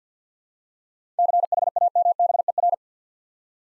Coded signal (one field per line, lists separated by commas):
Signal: Morse code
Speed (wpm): 50 wpm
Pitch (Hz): 700 Hz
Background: none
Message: CHAMBER